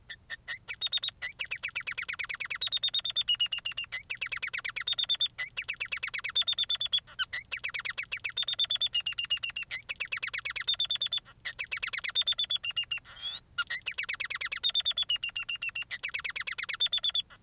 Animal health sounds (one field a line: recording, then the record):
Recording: song of a male Bengalese finch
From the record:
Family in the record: son of father 3